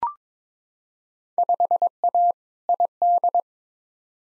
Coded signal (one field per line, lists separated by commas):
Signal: Morse code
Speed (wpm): 22 wpm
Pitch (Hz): 700 Hz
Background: none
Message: 5A ID